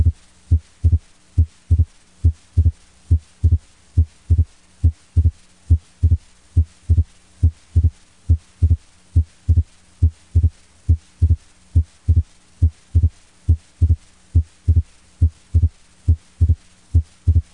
Wide, fixed, S2 split. A prolonged right ventricular ejection time produces expiratory A2-P2 splits. These splits are widened and persist even when the patient is seated.